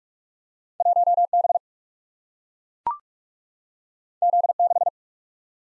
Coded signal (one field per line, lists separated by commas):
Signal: Morse code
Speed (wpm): 44 wpm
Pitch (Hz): 700 Hz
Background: none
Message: 1B Z6